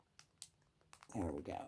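The zip-lock seal of a plastic seed baggy is pressed closed along its length after a first attempt that didn't seem to seal. Small clicks from the press-seal zipper track come at 0.2, 0.4, 0.9 and 1.0 seconds, then someone talks. The seal clicks shut and locks.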